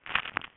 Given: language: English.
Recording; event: throat vibration sensor signal played as sound; swallow